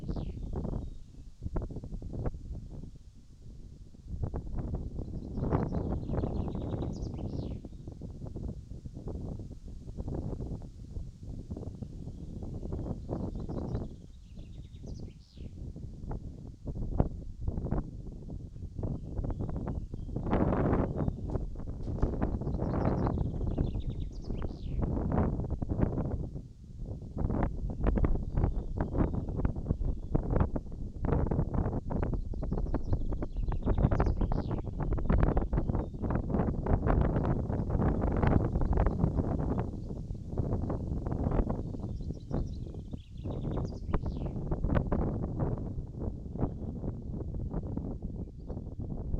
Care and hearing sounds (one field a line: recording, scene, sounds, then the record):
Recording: everyday scene through a hearing-aid microphone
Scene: wind on the microphone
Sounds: wind, birds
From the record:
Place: in front of a rural house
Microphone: in the ear canal, right